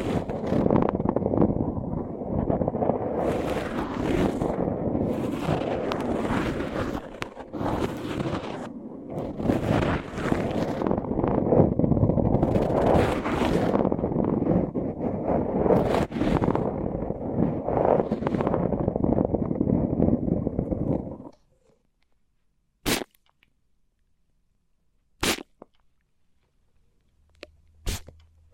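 Rubbing and scratching on tape over the microphones fills the first twenty-one seconds with a dense, rumbling, crackly texture, with brighter scratchy bursts every second or two. Then it stops dead into near silence, broken by three sharp isolated clicks.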